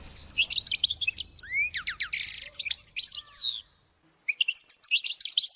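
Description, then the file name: European goldfinch twittering: lively, tinkling high notes mixed with buzzy and slurred phrases, a brief pause, then more twittering. "RENAUDE Chardonneret"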